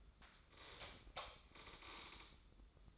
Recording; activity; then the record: daily activity, microphone in the room; light off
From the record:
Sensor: 3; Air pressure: 995.4 hPa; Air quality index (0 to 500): 85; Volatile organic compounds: 8 ppm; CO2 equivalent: 2060 ppm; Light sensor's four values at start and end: 12/30/12/12 and 9/21/9/9